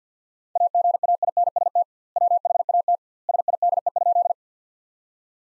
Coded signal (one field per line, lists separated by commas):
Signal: Morse code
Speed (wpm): 50 wpm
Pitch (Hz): 700 Hz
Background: none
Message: AGAINST WHAT SIDE?